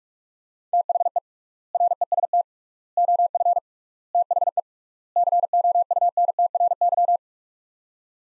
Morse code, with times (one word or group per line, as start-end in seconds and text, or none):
0.7-1.2 THE
1.7-2.4 REST
3.0-3.6 OF
4.1-4.6 THE
5.2-7.2 COUNTRY